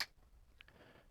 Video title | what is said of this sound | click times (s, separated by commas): Apache Attack Helicopter PC Build. Installing Ram. | and hopefully you can hear that. The audio is good enough that you can hear those latches | 0.0 s